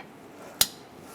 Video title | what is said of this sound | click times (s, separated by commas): How to Replace Rear View Camera 2011-2018 Ram | you hear that click right into place | 0.6 s